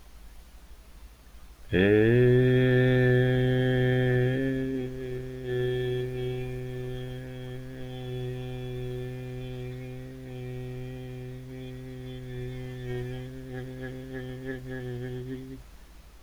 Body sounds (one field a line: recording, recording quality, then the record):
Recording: sustained vowel as in made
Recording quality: moderate, slight background noise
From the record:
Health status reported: healthy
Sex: male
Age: 28 years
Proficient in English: yes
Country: United States